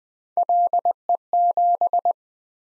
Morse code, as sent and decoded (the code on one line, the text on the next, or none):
.-.. . --...
LE7